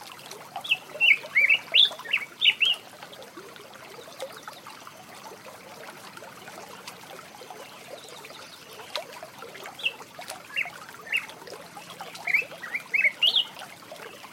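Birds call from dense brush near a quiet creek just after dawn, with bursts of bright chirps and squawky notes clustered around the first three seconds and again after ten seconds. Between them a soft, steady hiss of running water fills the background.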